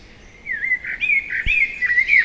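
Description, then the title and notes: Common blackbird song, a continuous mellow fluted warble sliding up and down through linked phrases, with one soft click midway. Common blackbird singing trilling song from a tree beside Lac de Barterand lake, Magnieu, France, during the evening chorus; Sennheiser MKH8040 stereo ORTF microphones and Zoom F8 recorder. "Lac de Barterand - Magnieu, France - Chorus du soir. ce merle noir. son chant s'envole en trilles"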